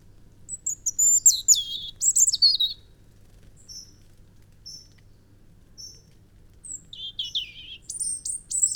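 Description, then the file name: European robin singing a sweet tumbling phrase, then a few thin high notes, then another liquid warbling phrase rising to high tinkling notes. "Erithacus rubecula"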